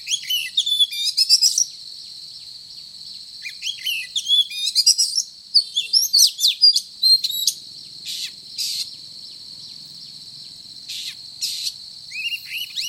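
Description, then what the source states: Oriental magpie-robin song of sweeping whistles, upslurred notes and scratchy phrases delivered in irregular clusters, later thinning to occasional harsh bursts, with a constant high background tone. Indonesian local name kacer; described as gacor, actively and vigorously singing.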